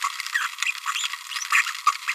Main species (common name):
Green-rumped Parrotlet